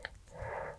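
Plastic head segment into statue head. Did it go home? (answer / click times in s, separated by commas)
yes / 0.0 s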